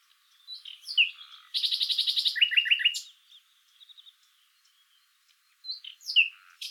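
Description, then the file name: Common nightingale song: scattered chirps, then a fast rattling burst followed by quick downslurred notes, soft twitters, and more sharp chirps after a pause. "Luscinia megarhynchos"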